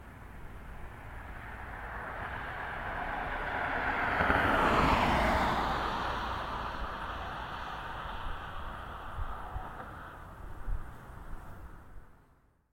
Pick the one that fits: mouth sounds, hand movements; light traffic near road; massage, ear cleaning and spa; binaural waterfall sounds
light traffic near road